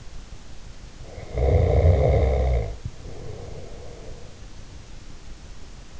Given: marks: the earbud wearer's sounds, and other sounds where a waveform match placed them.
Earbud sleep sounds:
sounds in sleep by an in-ear microphone; snoring breath
1.04-4.44 s: snoring breath

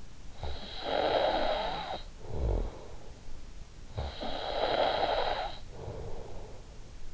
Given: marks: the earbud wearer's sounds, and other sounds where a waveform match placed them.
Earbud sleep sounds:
sounds in sleep by an in-ear microphone; snoring breath
0.00-3.31 s: snoring breath
3.74-7.00 s: snoring breath

